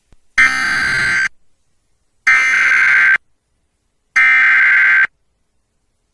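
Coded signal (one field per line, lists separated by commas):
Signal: Emergency Alert System (SAME) tones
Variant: header bursts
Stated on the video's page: Law-enforcement-issued Flash Flood Warning EAS tones captured from WXK26 weather radio, KGNS-TV and KBNL-FM; valid EAS tones.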